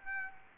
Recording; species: mosquito wingbeat signal from an infrared sensor; Aedes aegypti